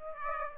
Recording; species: mosquito wingbeat signal from an infrared sensor; Aedes aegypti